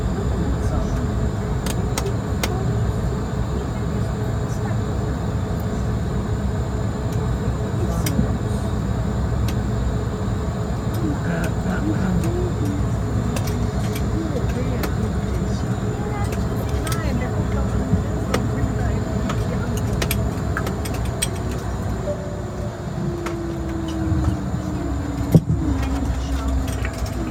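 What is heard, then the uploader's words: Steady low engine roar fills an airliner cabin, with faint voices, occasional clicks and knocks, and a tone sliding downward near the end. Airbus A220 London Heathrow to Düsseldorf (airBaltic).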